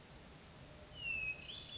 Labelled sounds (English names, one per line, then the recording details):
Hermit Thrush
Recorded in Sonoma County, California